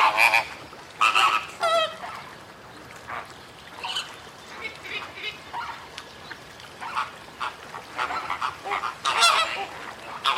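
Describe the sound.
Bird calls, loud harsh honks opening and closing the stretch with softer scattered calls between, irregularly spaced.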